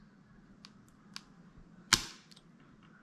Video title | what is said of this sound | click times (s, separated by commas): Installing Memory & Hard Drive onto a Lenovo Legion 5 Type 81Y6 Laptop. | once it's all the way in it's slanted but you can push down and it'll click into place | 0.6 s, 1.2 s